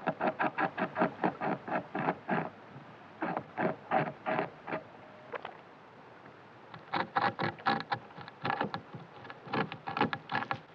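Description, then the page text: Eurasian beaver at work: rapid rasping strokes in runs broken by short pauses, with the scraping bursts resuming at a similar pace. European beaver (Castor fiber) recorded while working at night. "bobr evropsky pri nocni praci. Bobor vodný (Castor fiber)"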